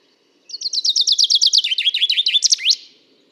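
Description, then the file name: Common chaffinch song phrase, a brisk cascade of repeated sweet notes falling in pitch, finished by a short rising terminal flourish. "Fringilla coelebs"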